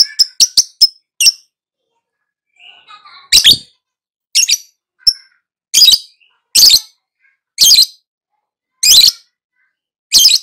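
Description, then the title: Lovebird calling: quick high chirps at the start, a soft warble, then loud harsh squawks repeated roughly every second. Lure to prompt a lovebird to start singing loudly. "Pancingan Lovebird Agar Nyaut GACOR."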